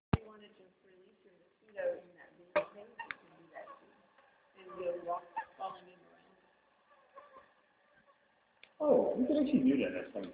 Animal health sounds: mosquito flight sound by mobile phone; Anopheles gambiae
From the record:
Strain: Kisumu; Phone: Nokia 6555B

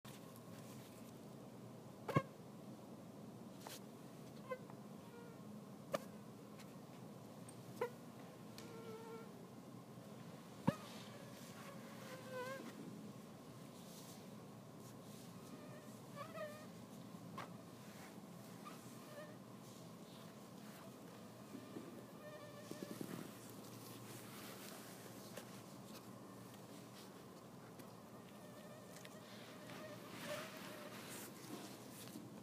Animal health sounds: mosquito flight sound by mobile phone; Anopheles dirus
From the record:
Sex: female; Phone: iPhone 6

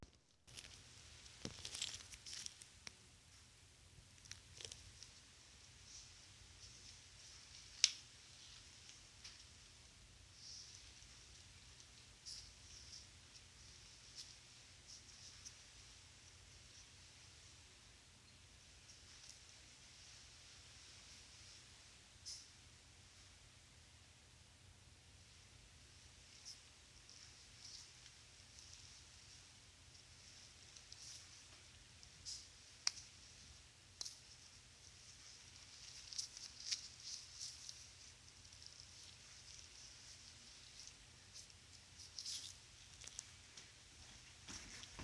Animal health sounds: mobile phone recording; none (background)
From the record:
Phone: Sony Xperia

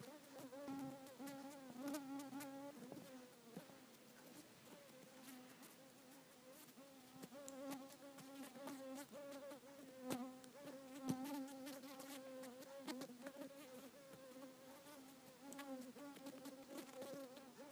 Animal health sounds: mosquito flight sound by mobile phone; Culiseta incidens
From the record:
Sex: female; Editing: snipped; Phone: iPhone 4S

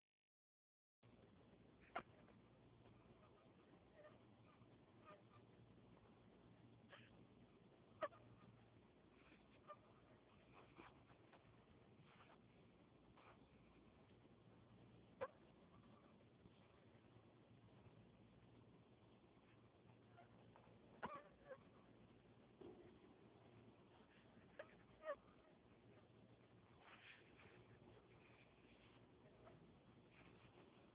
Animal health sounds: mosquito flight sound by mobile phone; Anopheles gambiae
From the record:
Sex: female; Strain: Kisumu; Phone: Huawei 866C

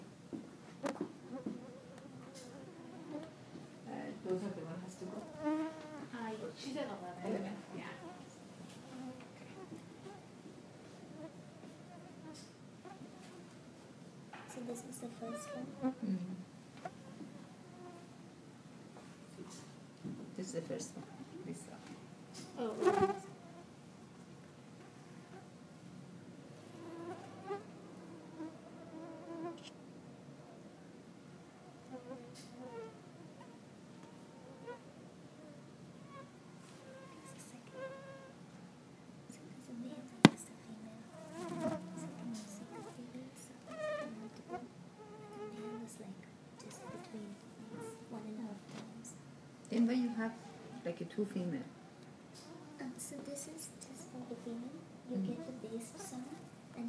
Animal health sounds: mosquito flight sound by mobile phone; Culex quinquefasciatus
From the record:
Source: SanMateoVCD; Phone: iPhone 4S

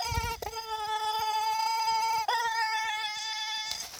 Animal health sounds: mosquito flight sound by mobile phone; Aedes sierrensis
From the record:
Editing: cut to the mosquito's sound

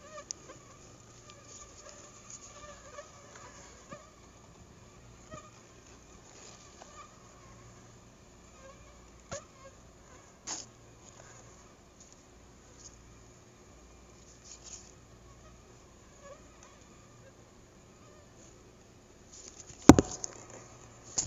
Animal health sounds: mosquito flight sound by mobile phone; Anopheles gambiae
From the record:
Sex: female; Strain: Akron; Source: CDC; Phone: Google Nexus

